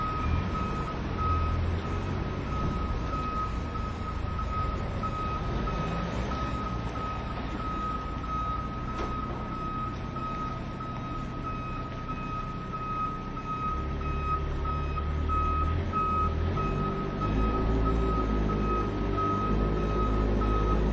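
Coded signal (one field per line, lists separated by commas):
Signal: alarm pattern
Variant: forklift reverse beeper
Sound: repeated steady high beeps over a rumbling engine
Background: vehicle engine rumble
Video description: realistic forklift beeping sound effect, mimicking the classic reverse alarm of a fork truck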